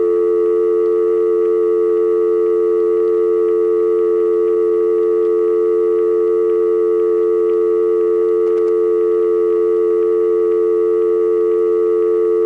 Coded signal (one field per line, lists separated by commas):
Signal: telephone call progress tone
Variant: North America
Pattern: dial tone